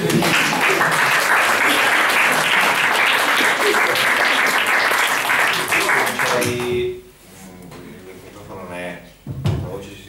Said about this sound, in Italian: Volete farmi un applauso?